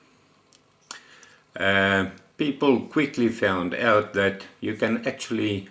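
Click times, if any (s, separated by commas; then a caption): 0.9 s. A thin steel safety razor blade with no spine and small hooks on its bottom edge slips into the head of a Valet Autostrop razor and locks into place with a sharp metallic click at 0.9 s. After that, someone talks.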